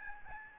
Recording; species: mosquito wingbeat signal from an infrared sensor; Aedes albopictus